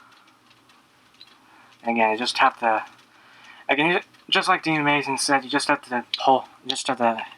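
Someone talks while pulling and pushing an armor piece into its clip on an S.H. Figuarts Shinkocchou Seihou Kamen Rider Den-O Sword & Gun Form plastic action figure, with a faint tick at 1.2 s. Nothing has seated or clicked yet.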